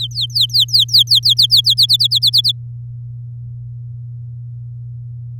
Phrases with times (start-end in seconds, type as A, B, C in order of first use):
0.00-1.74 A, 1.77-2.52 B